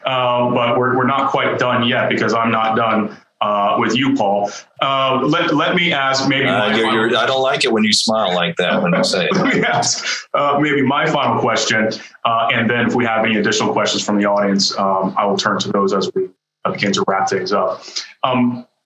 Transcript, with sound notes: But we’re not quite done yet because I’m not done with you, Paul. Let me ask one more --
-- I don’t like it when you smile like that when you say it.
[Laughter] Let me ask maybe my final question, and then if we have any additional questions from the audience, I will turn to those as we begin to wrap things up.